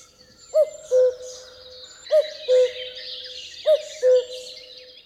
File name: Kuckuck Cuculus canorus